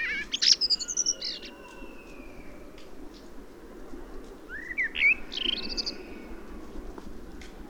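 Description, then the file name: Common blackbird song, two short phrases of faint whistled and twittering notes, near the start and around five seconds, over steady background noise. "Turdus merula"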